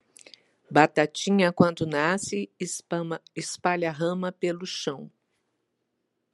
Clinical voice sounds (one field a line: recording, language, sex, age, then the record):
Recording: short text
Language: Brazilian Portuguese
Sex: female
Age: 60 to 69 years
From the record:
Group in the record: control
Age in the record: 65 years